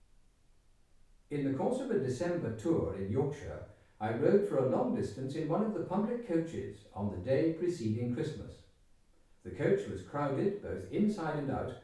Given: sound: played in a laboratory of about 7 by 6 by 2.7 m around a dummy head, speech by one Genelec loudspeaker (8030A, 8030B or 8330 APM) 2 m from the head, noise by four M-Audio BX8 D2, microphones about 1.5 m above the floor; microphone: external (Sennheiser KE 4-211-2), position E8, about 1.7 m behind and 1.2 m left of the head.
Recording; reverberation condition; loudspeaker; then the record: male speech in English; medium; 120 degrees to the right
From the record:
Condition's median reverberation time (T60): about 510 ms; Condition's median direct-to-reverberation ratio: about -0.5 dB